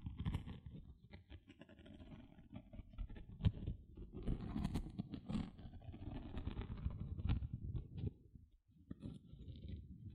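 Gentle scratching runs almost without a break, a dense, low, rustling texture with quick irregular strokes. Brighter scrapes stand out around 3.5, 5.5 and 7.5 seconds, and near 8.5 seconds the sound briefly dips to near silence before resuming.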